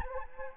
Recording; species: mosquito wingbeat signal from an infrared sensor; Anopheles gambiae